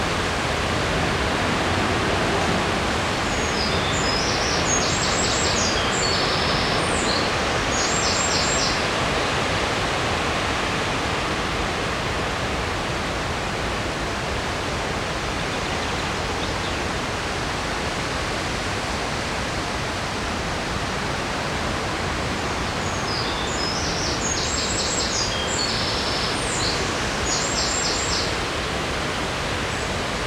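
Water along a river in Odense rushes in a steady, dense roar that stays even in level for the whole half minute. High bird chirps break through twice, in short bursts around the fourth to ninth seconds and again near the twenty-fifth.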